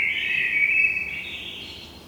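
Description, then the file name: Common blackbird: one long, drawn-out whistled note, loud at first and slowly fading over about two seconds, with a quiet background. "Turdus merula"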